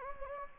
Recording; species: mosquito wingbeat signal from an infrared sensor; Anopheles gambiae